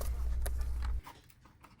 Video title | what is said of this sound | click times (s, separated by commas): Thay màn hình Macbook Pro 13.3' M1 2020 Retina display | and let it pop | 0.5 s